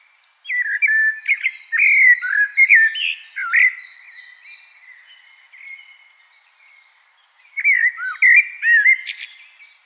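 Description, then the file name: Common blackbird song: a rich, warbling run of fluty notes with high chirpy overtones, a quiet spell, then another melodic phrase ending in squeaks. "Turdus merula"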